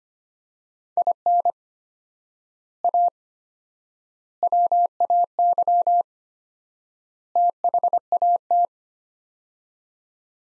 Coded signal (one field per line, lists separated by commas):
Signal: Morse code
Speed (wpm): 25 wpm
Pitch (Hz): 700 Hz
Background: none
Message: IN A WAY THAT